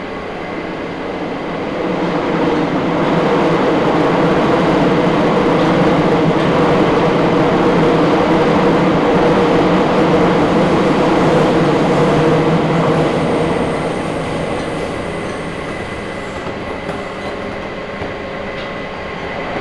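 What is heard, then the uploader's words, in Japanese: A Nagoya Municipal Subway Sakura-dori Line train runs between stations, a steady rumbling roar with a faint high whine above it. The noise swells from about 2 seconds, holds loud and dense until roughly 13 seconds, then eases to a quieter, even hum. 名古屋市営地下鉄桜通線 太閤通→徳重。桜通線の太閤通から徳重までの全区間を乗った時のものです。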